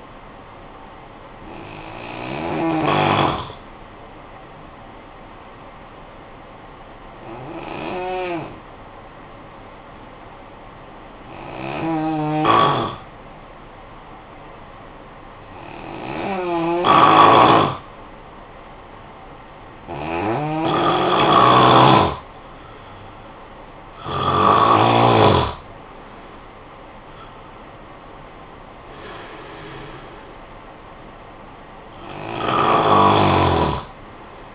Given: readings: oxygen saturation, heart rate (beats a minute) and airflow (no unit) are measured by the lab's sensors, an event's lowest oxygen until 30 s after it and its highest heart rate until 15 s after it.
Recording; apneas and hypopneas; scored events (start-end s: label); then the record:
breathing in sleep by a voice recorder at the bedside; 1
3.00-22.30 s: hypopnea (N2, oxygen 95% highest, then 89% lowest, heart rate 55 at the start, 77 highest)
From the record:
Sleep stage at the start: N2 (light sleep); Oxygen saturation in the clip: 89 to 95%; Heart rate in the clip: 53 to 77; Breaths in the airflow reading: 8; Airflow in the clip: -11.0 to 7.1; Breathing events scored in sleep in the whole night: 445 in 7.6 hours asleep